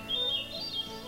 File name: Hermit Thrush